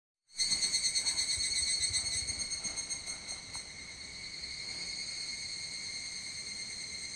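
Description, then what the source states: Evening cicada song, a sudden loud pulsed ringing phrase that starts sharply, throbs rhythmically, then settles into a softer steady high trill. Recorded on 25 July 2022 at 04:39.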